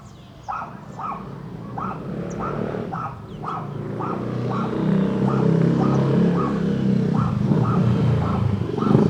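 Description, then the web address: Dog giving a steady series of sharp barks while an engine rumbles and grows louder underneath. Dog barking while a motorcycle starts up and drives away; recorded in Alto Paraíso de Goiás. "Moto ligando e indo embora cachorro latindo. alto paraiso de goias"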